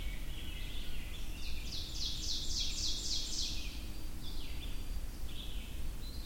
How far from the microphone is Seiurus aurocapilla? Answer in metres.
about 55 m